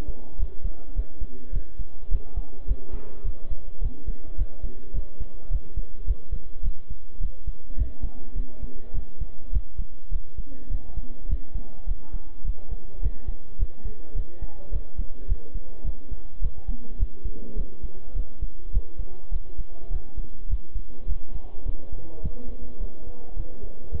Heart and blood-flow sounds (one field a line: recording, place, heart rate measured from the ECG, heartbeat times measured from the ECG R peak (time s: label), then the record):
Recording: heart sounds by stethoscope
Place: between the tricuspid and mitral areas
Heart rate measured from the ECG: 105 bpm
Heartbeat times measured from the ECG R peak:
0.39 s: heartbeat
0.96 s: heartbeat
1.53 s: heartbeat
2.11 s: heartbeat
2.68 s: heartbeat
3.24 s: heartbeat
3.81 s: heartbeat
4.38 s: heartbeat
4.94 s: heartbeat
5.51 s: heartbeat
6.07 s: heartbeat
6.63 s: heartbeat
7.20 s: heartbeat
7.77 s: heartbeat
8.36 s: heartbeat
8.94 s: heartbeat
9.52 s: heartbeat
10.11 s: heartbeat
10.70 s: heartbeat
11.29 s: heartbeat
11.87 s: heartbeat
12.45 s: heartbeat
13.02 s: heartbeat
13.59 s: heartbeat
14.15 s: heartbeat
14.72 s: heartbeat
15.28 s: heartbeat
15.84 s: heartbeat
16.42 s: heartbeat
16.99 s: heartbeat
17.56 s: heartbeat
18.15 s: heartbeat
18.73 s: heartbeat
19.32 s: heartbeat
19.91 s: heartbeat
20.49 s: heartbeat
21.08 s: heartbeat
21.66 s: heartbeat
22.23 s: heartbeat
22.80 s: heartbeat
23.37 s: heartbeat
23.92 s: heartbeat
From the record:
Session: bicycle stress test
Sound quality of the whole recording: good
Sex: male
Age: 23 years